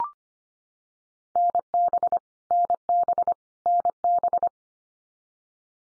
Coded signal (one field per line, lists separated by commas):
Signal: Morse code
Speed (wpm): 25 wpm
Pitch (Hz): 700 Hz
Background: none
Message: NB NB NB